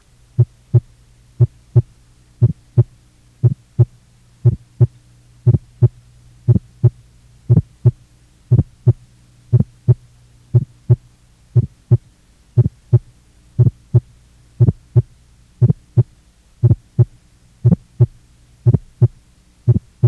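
Regular heartbeat at about 60 a minute, each cycle holding crisp, sharp sounds over a steady low hum. This is a pulmonary ejection sound, an early systolic click whose loudness varies with breathing and which often vanishes entirely in one breathing phase. It is heard in most pulmonary valve stenosis, often in primary and secondary pulmonary hypertension, and sometimes in atrial septal defect and idiopathic pulmonary artery dilatation.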